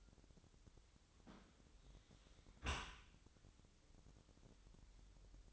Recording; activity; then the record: daily activity, microphone in the room; close dishwasher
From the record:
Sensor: 3